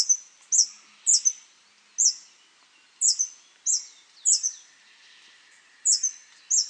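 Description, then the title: Scale-throated hermit repeating a very high, thin squeaky note, each a sharp downslurred chip followed by a short tail, given in pairs or singly roughly every second. Subspecies Phaethornis eurynome eurynome. "LuckyPassaro Completos2Sama. Scale-throated Hermit (Phaethornis eurynome eurynome)"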